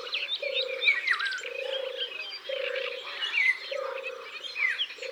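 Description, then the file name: European turtle dove purring song: a low, rolling turr-turr phrase repeated about once a second, with busy higher twittering and whistles from other birds throughout. "Tourterelle des bois"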